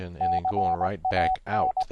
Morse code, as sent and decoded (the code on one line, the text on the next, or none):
-.-. .- -.
CAN